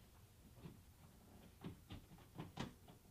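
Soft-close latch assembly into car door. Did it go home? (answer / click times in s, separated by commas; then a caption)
no / none. A BimmerTech soft-close latch assembly is fitted into the door of a BMW F30, with its top already in place. The handling produces a series of soft knocks and rubbing sounds, the strongest around 0.7, 1.7, 1.9, 2.4 and 2.6 seconds. The bottom of the latch module has not yet snapped home, and nothing has seated yet.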